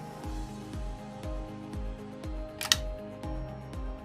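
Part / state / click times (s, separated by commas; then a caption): cocking cover on a spring-loaded biopsy needle body / seated / 2.7 s. The cocking cover at the end of an ACECUT automatic spring-loaded biopsy needle is pulled up from its plastic body against a strong spring. Over a steady, repeating musical background, a sharp click at 2.7 s marks the cover latching into its set position, arming the needle.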